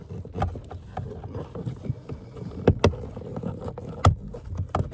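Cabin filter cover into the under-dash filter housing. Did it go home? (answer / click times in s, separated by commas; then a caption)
yes / 4.1 s, 4.8 s. A plastic cabin filter cover on a Mercedes GLA is pushed upward under the dash into the filter housing, with low rustling and a few sharp handling ticks around 0.4, 2.7 and 2.8 seconds. Its two retaining tabs snap in with distinct clicks at 4.1 and 4.8 seconds, and the cover is seated.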